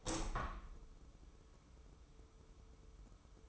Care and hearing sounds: daily activity, microphone in the room; open window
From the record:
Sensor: 1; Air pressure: 995.7 hPa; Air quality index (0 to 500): 49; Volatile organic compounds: 1 ppm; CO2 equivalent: 894 ppm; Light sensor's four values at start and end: 30/104/40/41 and 31/105/40/42

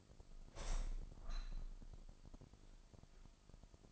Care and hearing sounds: daily activity, microphone in the room; open window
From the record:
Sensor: 5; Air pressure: 1004.7 hPa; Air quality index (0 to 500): 80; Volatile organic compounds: 1 ppm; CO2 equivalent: 968 ppm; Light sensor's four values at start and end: 30/71/28/26 and 30/71/28/26

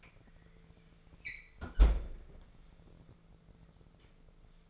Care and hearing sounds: daily activity, microphone in the room; close fridge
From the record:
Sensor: 5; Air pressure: 1015.0 hPa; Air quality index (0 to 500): 186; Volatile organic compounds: 7 ppm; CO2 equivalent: 2040 ppm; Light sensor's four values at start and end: 54/124/52/55 and 53/120/50/53

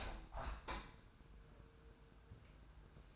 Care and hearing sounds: daily activity, microphone in the room; open window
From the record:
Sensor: 2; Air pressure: 999.6 hPa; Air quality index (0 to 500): 218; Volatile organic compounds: 46 ppm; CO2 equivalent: 3246 ppm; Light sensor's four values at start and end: 8/19/8/8 and 8/20/8/8

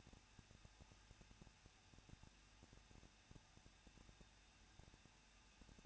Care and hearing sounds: daily activity, microphone in the room; no activity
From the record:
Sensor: 2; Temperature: 21.0 degrees Celsius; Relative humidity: 37.3%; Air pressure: 1006.3 hPa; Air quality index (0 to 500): 220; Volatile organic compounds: 23 ppm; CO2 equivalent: 2783 ppm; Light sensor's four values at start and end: 2/3/2/2 and 2/3/2/2

